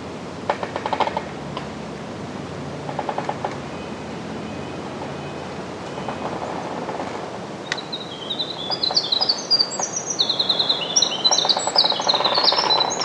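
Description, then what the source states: Winter wren song, a long, rapid, tumbling stream of high tinkling trills and warbles filling the last five seconds, after scattered percussive creaking and knocking of trees. Mixed forest at Till's Point, Penobscot, Maine; wren singing amid creaking trees making a variety of percussive sounds.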